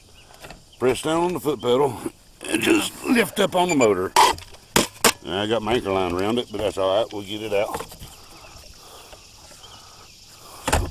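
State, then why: Seated. Someone talks while a bow-mounted Haswing Cayman trolling motor is lifted out of the water with the foot pedal pressed down, an anchor line still wrapped around it, and a couple of sharp knocks sound around 4.8 s and 5.1 s. The motor shaft is slid back into its bow-mount stow saddle, and the stow latch clicks at 10.7 s, seating the motor in its stowed position.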